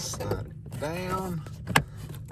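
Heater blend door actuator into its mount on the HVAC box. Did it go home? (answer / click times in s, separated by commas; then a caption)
yes / 1.8 s. Someone talks while a replacement heater blend door actuator with a plastic housing is slid down into its mount on the HVAC box behind the dash of a 2003 S10/Sonoma pickup truck. A sharp click at 1.8 s marks it snapping into place, and the actuator is seated.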